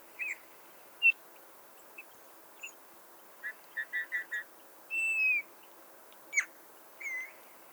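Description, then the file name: Eurasian bullfinch giving soft piping whistles, single notes then a quick series, a longer slurred whistle and a falling note. "Pyrrhula pyrrhula"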